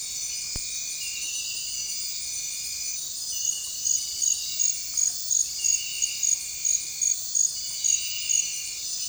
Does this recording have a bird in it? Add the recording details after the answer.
no. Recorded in dense forest near Puerto Asís, Putumayo, Colombia, on 29 June 2025 at 02:00. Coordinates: 0.466, -76.327. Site GP04